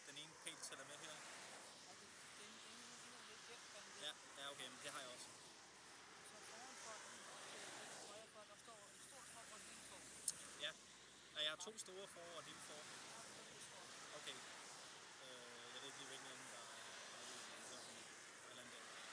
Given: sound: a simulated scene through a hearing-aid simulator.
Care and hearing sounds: conversation; traffic; -4 dB SNR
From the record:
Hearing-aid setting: standard clinical setting (NAL); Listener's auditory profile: C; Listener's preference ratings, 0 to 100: 23, 39, 45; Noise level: 75 dB SPL

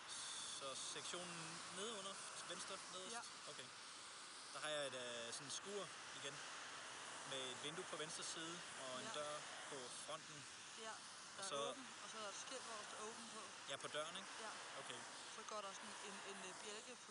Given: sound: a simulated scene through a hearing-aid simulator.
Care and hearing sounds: conversation; traffic; +4 dB SNR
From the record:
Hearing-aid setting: I (fast-acting compression, audibility-based gain); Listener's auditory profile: C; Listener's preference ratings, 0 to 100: 56, 28, 34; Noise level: 75 dB SPL

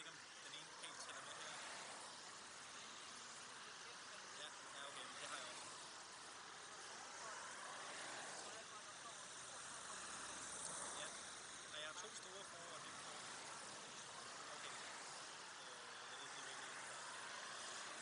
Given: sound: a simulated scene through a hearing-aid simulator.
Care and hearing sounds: conversation; traffic; -6 dB SNR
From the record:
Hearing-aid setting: anchor resembling a broken hearing aid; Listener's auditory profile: D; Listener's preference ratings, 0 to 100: 1, 3, 1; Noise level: 75 dB SPL

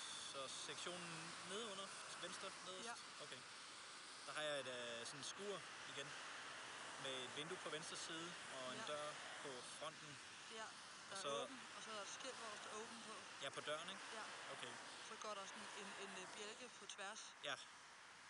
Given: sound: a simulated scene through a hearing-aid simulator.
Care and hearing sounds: conversation; traffic; +4 dB SNR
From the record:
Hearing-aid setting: I (fast-acting compression, audibility-based gain); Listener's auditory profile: A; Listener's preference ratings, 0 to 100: 39, 80, 49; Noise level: 75 dB SPL

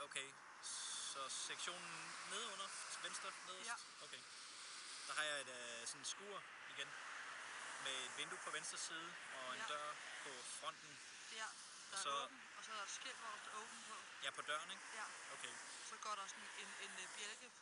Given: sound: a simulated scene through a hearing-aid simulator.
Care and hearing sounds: conversation; traffic; +4 dB SNR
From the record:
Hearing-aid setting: IV (slow-acting compression, loudness normalization); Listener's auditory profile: B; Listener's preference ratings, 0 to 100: 56, 50, 67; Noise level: 75 dB SPL

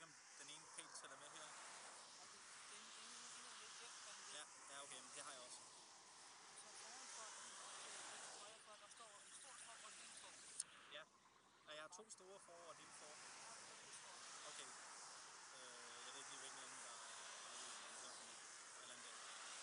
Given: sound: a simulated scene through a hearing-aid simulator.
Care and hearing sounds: conversation; traffic; -4 dB SNR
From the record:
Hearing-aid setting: III (slow-acting compression, loudness normalization, advanced features for about 2.5 dB of SNR improvement); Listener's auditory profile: A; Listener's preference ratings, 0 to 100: 29, 53, 5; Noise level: 75 dB SPL

